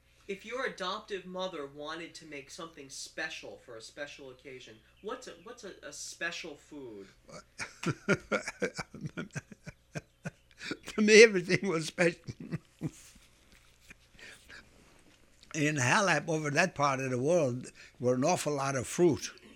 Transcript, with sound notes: If your adoptive mother wanted to make something special for a special occasion, what's a special food?
( he laughs ) For me everything was special. In Halep, over that part of the world, were an awful lot of fruit.